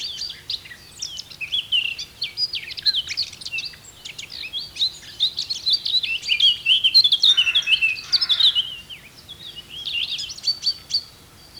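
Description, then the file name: Eurasian blackcap warbling song, a rapid, jumbled run of high scratchy and whistled notes, with a brief lower rustle past the middle. "Sylvia atricapilla"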